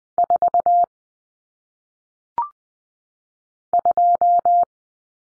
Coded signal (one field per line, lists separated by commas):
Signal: Morse code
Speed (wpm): 20 wpm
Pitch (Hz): 700 Hz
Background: none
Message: 4 2